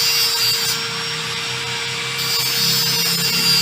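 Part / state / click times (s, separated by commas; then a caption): wiring connector into keyless control unit socket / not seated / none. A plastic wiring connector is lined up by hand against the keyless control unit socket on a Vario 160 scooter whose keyless system is not working. Steady rubbing and scraping handling noise continues over a constant hum for the full 3.6 seconds. Nothing has clicked or seated yet.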